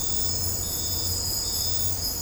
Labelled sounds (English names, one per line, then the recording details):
none
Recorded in dense forest near Puerto Asís, Putumayo, Colombia, on 26 December 2024 at 02:30
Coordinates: 0.503, -76.323
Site G043